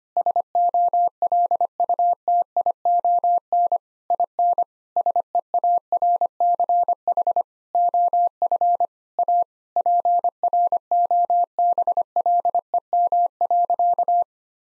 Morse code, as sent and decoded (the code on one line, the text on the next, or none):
... --- .-.. ..- - .. --- -. / .. -. / ... . .- .-. -.-. .... / --- ..-. / .- / .--. .-. --- -... .-.. . -- .-.-.-
SOLUTION IN SEARCH OF A PROBLEM.